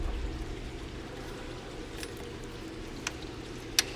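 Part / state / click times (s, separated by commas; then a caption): side-feed fuel injector into the fuel rail/intake manifold seat / not seated / none. A DeatschWerks 740cc side-feed fuel injector for a 2004-2006 Subaru STI / 2005-2006 Legacy GT is pushed into its seat in the fuel rail and intake manifold over a steady low rushing hum. Small sharp knocks come at about 2.0, 3.1 and 3.8 seconds. No seating click is heard, and the injector has not seated yet.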